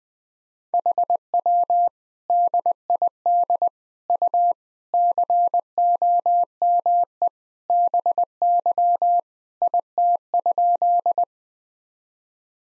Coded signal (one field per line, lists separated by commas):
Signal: Morse code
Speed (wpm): 20 wpm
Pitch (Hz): 700 Hz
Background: none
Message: HW DID U COME BY IT?